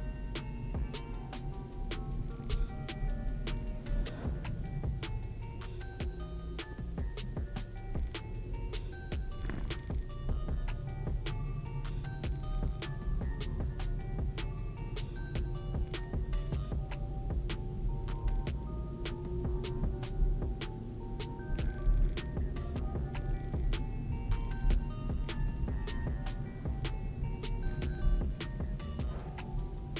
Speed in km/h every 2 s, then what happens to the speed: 27, 25, 18, 5, 5, 12, 14, 15, 17, 20, 25, 26, 26, 27, 21.
0-6 brakes to 5. 6-21 speeds up to 26. 21-26 steady at about 26. 26-30 slows to 21.